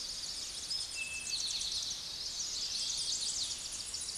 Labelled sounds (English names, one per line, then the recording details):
Eastern Towhee song
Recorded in a Pennsylvania forest on 16 May 2024 at 06:05
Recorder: AudioMoth, point MSD-0521
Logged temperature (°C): 15.8 °C
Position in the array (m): 66 m, 103 m